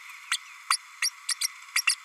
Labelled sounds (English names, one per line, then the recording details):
Green-rumped Parrotlet babbling
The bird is a female
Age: 32 days
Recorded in a nest box in Venezuela
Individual 17B32A5